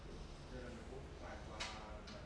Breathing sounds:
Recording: one breath in and out by a microphone near the nose and mouth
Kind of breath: normal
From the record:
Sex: male

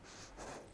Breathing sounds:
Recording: one breath in and out by a microphone near the nose and mouth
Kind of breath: strong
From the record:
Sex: female

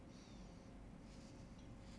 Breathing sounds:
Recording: one breath in and out by a microphone near the nose and mouth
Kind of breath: normal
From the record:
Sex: male

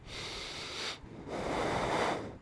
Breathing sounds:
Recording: one breath in and out by a microphone near the nose and mouth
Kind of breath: deep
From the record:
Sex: male

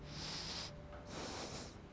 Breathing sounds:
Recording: one breath in and out by a microphone near the nose and mouth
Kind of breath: deep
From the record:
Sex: male

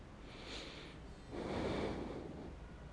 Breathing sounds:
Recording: one breath in and out by a microphone near the nose and mouth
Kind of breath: normal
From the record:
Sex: male

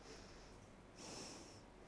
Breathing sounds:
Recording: one breath in and out by a microphone near the nose and mouth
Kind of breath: normal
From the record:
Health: marked as sick, illness not named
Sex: female

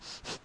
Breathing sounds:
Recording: one breath in and out by a microphone near the nose and mouth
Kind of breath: strong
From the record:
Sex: male

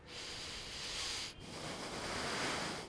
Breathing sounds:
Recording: one breath in and out by a microphone near the nose and mouth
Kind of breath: deep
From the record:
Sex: male

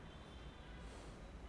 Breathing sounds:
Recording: one breath in and out by a microphone near the nose and mouth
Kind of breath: normal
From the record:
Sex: male

